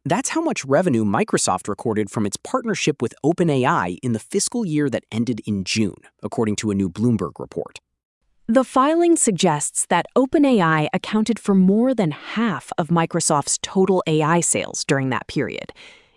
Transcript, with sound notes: That’s how much revenue Microsoft recorded from its partnership with OpenAI in the fiscal year that ended in June, according to a new Bloomberg report.
[thoughtful] The filing suggests that OpenAI accounted for more than half of Microsoft’s total AI sales during that period.